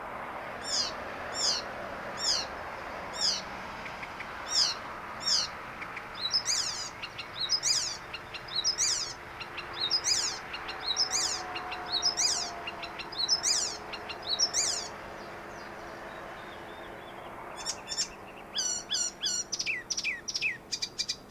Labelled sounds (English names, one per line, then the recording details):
Icterine Warbler
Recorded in the wild
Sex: male
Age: adult
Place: Baiersdorf, Bayern, DE
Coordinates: 49.6578, 11.0319
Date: 1962-06-13
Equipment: Stellavox SM 5, Original, Vollspur
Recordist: Tretzel, Erwin